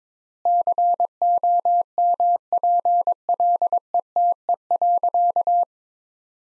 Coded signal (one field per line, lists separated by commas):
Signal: Morse code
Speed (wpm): 22 wpm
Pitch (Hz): 700 Hz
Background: none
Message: COMPLETE.